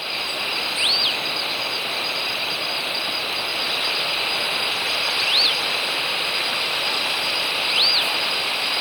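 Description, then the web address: Long-tailed tyrant calls: three brief, high, arched notes, each rising then falling, spread out over a constant loud hiss. Ecuador, South America. "Natures Songs S America Birds of Ecuador Long-Tailed Tyrant"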